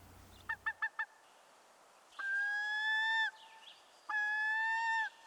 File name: dan-gibsons-solitudes herring-gull